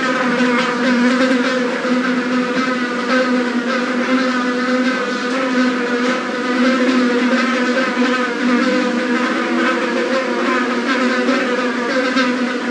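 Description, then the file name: Fly buzzing in a steady, droning hum with a strong low tone and rich overtones, wavering slightly in pitch and loudness throughout. "mosca"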